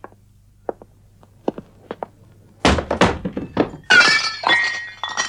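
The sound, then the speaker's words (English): A few soft, scattered knocks give way to a loud clattering crash as an empty drinking glass topples and smashes, followed by bright, ringing tinkles of broken glass settling. “Sorry, have I broken it? Only a glass, and it was empty anyway.”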